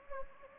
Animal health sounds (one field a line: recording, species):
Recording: mosquito wingbeat signal from an infrared sensor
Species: Anopheles gambiae